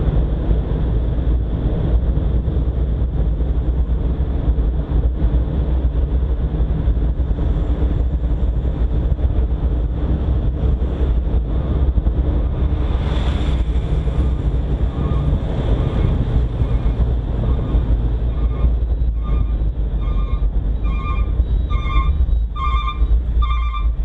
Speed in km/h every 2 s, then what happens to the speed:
35, 36, 38, 37, 39, 39, 37, 35, 34, 26, 18, 10.
0-10 steady at about 37. 10-24 slows to 10.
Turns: none.